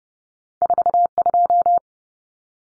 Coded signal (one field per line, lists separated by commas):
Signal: Morse code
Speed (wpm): 30 wpm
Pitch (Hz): 700 Hz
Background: none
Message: 42